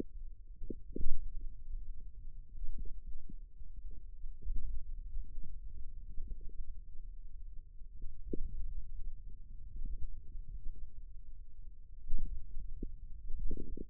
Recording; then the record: forearm muscle sounds (acoustic myography)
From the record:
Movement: finger pinch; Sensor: system 2, bracelet of six BSWA MPA416 microphones around the upper forearm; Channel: 2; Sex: male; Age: 22 years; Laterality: right